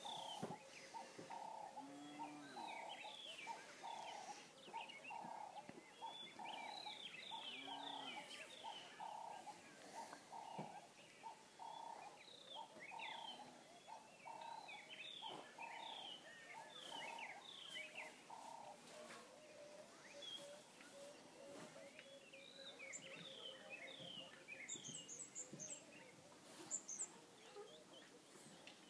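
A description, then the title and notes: Field sounds at a Tanzanian campsite: a steady, pulsing low call repeats for twenty seconds under busy chirping birds, with a dove cooing at times. Tanzania Camping Field Sounds by David Adams.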